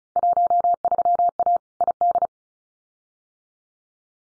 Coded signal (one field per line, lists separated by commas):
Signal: Morse code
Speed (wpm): 34 wpm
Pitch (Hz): 700 Hz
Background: none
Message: 13A ID